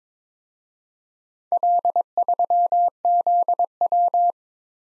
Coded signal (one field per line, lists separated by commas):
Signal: Morse code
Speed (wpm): 26 wpm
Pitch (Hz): 700 Hz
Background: none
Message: L3ZW